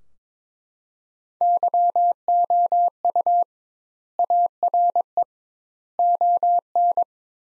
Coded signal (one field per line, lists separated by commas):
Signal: Morse code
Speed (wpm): 22 wpm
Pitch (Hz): 700 Hz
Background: none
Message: YOU ARE ON